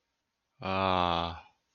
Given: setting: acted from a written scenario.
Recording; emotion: vocal sound without words; contentment